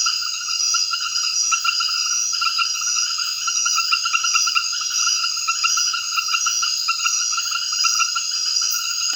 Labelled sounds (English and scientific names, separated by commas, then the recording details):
none
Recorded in secondary vegetation near Puerto Asís, Putumayo, Colombia, on 30 June 2025 at 20:00
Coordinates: 0.498, -76.327
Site GP09